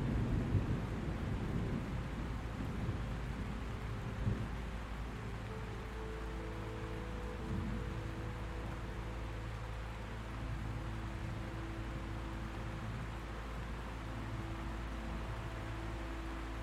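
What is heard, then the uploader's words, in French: Rolling thunder rumbles low and heavy in the first couple of seconds, with further swells near four and seven seconds. It then settles into a steady, quieter roar under a soft hiss like rain, while long held low tones of gentle music drone underneath throughout. TONNERRE Apaisant, MUSIQUE Douce, NUIT Calme. Le grondement du tonnerre se transforme en berceuse.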